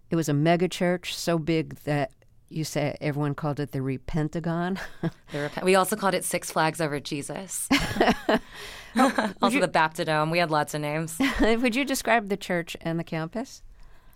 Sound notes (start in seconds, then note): 4.8 laughter; 7.6 laughter; 11.2 laughter